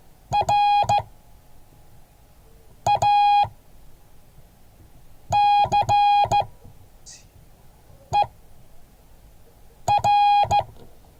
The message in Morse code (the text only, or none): RACER